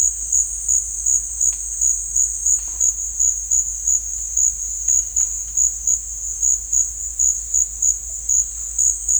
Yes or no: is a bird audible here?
no